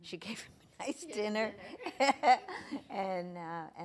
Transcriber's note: laughs